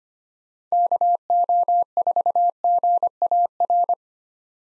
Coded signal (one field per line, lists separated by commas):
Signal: Morse code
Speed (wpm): 25 wpm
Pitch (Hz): 700 Hz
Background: none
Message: KO4GAR